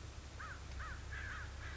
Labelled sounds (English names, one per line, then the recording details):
American Crow
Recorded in Sonoma County, California